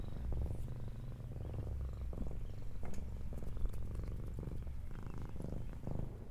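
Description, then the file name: Cat purr, a continuous low vibrating rumble that swells and fades with each breath, with faint soft clicks above. "Cat Purring"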